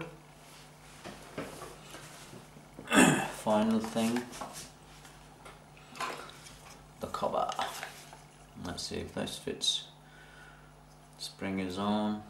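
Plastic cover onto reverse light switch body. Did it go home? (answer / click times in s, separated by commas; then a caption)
no / none. Someone talks while handling a plastic cover and lining it up on the body of a reverse light switch from a Mercedes-Benz C180 (W202), with the spring already in place, as a test fit before it is pressed home. Short plastic handling taps and scrapes come in bursts, the sharpest around 7.0 to 7.8 seconds. Nothing has seated or clicked yet.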